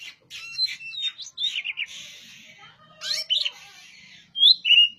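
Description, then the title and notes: Oriental magpie-robin singing a varied, busy mix of slurred whistles, harsh scratchy notes and short chirps without a steady rhythm. Master song for tutoring other birds; the bird is singing vigorously (gacor). "Suara Burung Kacer masteran. burung kacer gacor hebat"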